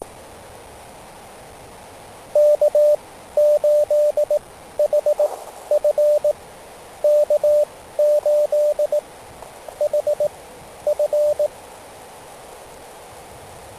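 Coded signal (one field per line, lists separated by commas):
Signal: Morse code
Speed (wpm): 19 wpm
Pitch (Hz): 600 Hz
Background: radio noise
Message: K8HF K8HF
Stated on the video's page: QRP CW POTA park activation with a (tr)uSDX transceiver and DX Commander pole antenna, morning operation.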